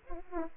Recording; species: mosquito wingbeat signal from an infrared sensor; Aedes aegypti